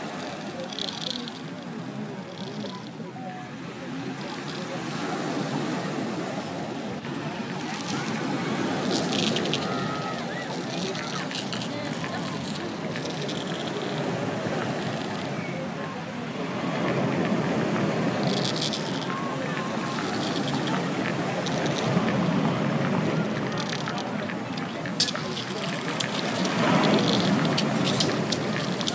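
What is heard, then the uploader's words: Waves wash over a pebble beach, a dense rushing roar that swells and eases in slow surges, strongest around the middle and again near the end. Bright clattering and rattling of stones tumbling in the backwash ride over the steady low wash throughout. At the seashore of the Côte d'Azur (France) you rarely have a sandy beach, most of the time you have pebble beaches. With every wave the pebbles make an unsurpassable and characteristic noise. Rhythmic parts have been looped in Ableton and some non-rhythmic samples have been mangled by a granular sampler.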